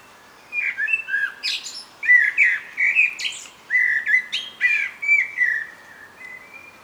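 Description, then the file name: Common blackbird song: a run of low, fluty warbled phrases, each ending in thin, squeaky high twitters, with short pauses between phrases. "Turdus merula"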